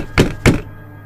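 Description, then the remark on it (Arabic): Two heavy, dull thuds strike the wooden door of a bedroom about a quarter second apart, someone knocking and then pounding on it, each a broad low-heavy knock with a short decay, followed by quiet. “جريت بسرعة جري وخرجت من اوضتي ووصلت لاوضة خالتي وبدأت اخبط على الباب مرة واثنين وثلاثة هادي، وبعد كده بدأت ارزع.”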